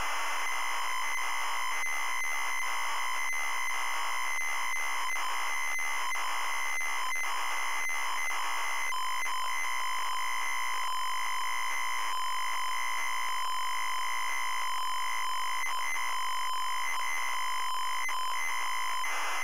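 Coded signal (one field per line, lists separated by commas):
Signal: ZX Spectrum tape loading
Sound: continuous harsh buzzing data warble with strong harmonics and occasional brief dropouts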